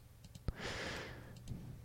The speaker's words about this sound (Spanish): dándole todo el rato al teclado